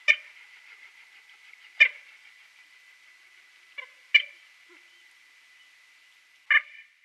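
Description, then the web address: Red-knobbed coot calls: five sharp, clipped notes at irregular intervals over a faint steady high hum. "Schulze Peter Red-knobbed Coot"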